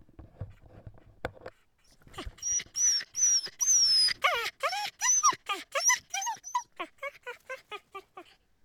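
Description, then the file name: Dog: after a quiet rumbling start, dogs break into shrill yelps and whines, coming quickly and then easing into a steady series of shorter cries. More than one dog yelping. "freesound Dogs Yelping"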